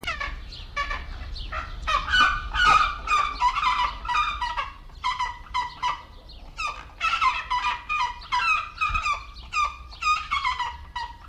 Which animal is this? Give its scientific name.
Haliaeetus leucoryphus